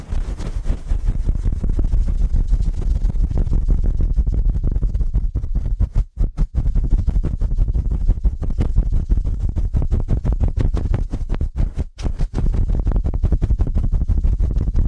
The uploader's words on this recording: ASMR Ear Cleaning at Helicopter Speed.